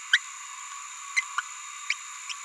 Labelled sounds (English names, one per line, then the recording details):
Green-rumped Parrotlet babbling
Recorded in a nest box in Venezuela
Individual 18B17A4